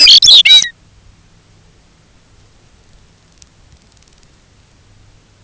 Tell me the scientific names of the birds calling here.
Calcarius lapponicus